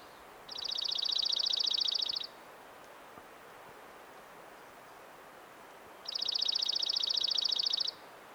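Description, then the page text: Dark-eyed junco trill: two level, rapid musical trills of about two seconds each, spaced some four seconds apart, over a soft steady background hiss. "Атлас птиц - Серый юнко. Junco hyemalis"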